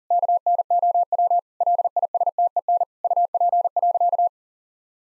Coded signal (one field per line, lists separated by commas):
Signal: Morse code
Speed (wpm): 40 wpm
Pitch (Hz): 700 Hz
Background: none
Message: KNOW LISTEN UP.